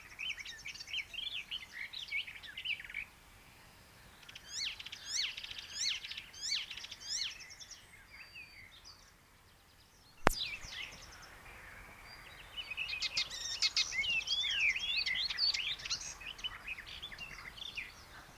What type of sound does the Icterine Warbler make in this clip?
song